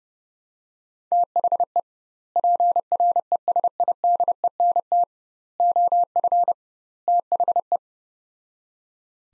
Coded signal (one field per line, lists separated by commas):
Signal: Morse code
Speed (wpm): 30 wpm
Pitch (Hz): 700 Hz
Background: none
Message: THE PRESIDENT OF THE